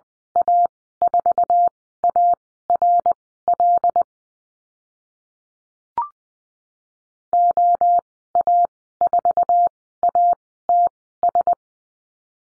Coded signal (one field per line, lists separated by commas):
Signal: Morse code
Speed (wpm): 20 wpm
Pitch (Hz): 700 Hz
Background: none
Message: A4ARL OA4ATS